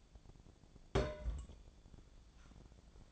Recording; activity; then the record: daily activity, microphone in the room; place on stove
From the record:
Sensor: 5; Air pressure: 1000.1 hPa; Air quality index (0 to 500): 91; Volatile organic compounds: 1 ppm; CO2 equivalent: 743 ppm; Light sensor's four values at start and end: 333/775/339/381 and 336/778/342/385